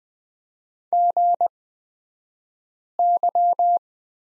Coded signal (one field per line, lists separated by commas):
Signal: Morse code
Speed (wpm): 20 wpm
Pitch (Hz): 700 Hz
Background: none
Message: GY